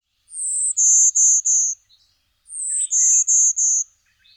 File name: Golden-winged Warbler